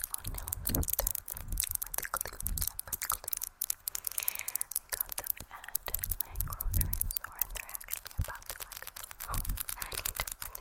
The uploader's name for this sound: Hair Play & Nail Tapping (Inaudible Whispering)